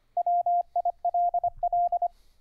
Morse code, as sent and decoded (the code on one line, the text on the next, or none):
.-- .. .-.. .-..
WILL